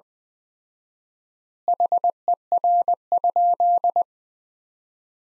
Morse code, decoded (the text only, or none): HER?